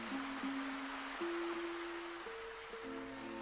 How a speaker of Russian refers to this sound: Но когда наступило утро, оказалось, что идет дождь. Да такой частый, что из окна не было видно ни гор, ни леса. Даже ручья в саду и того не было видно.